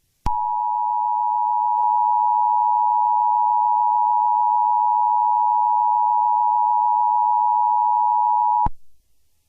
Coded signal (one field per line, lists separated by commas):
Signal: Emergency Alert System (SAME) tones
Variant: 853 and 960 Hz attention tone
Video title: EAS Mock -- J6 Law Enforcement Warning (the events of 1.6.2021 at the US Capitol)